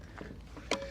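The stem of a BOGIST C1 Pro electric scooter is folded down after its large fold button is pressed, and the folding latch locks into the fold mechanism, which has no separate lock because it locks inside. Faint knocks and handling sounds come first, then a sharp, bright click at 0.7 s as the latch catches, and the stem is seated.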